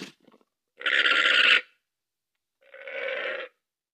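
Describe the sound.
Llama call: two short buzzy, nasal cries, the second lower and softer, with faint rustling at the start.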